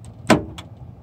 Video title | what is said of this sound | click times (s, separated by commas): Generation One Toyota Tundra double cab parking light removal | heard a pop okay so it's actually in there | 0.3 s